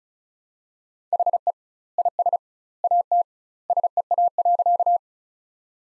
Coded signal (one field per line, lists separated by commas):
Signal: Morse code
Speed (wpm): 36 wpm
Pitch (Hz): 700 Hz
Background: none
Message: HE IS AT SEA.